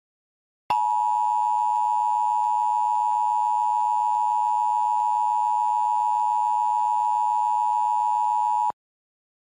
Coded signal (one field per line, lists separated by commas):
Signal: Emergency Alert System (SAME) tones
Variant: 853 and 960 Hz attention tone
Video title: IGNITION - WILDFIRE EAS SCENARIO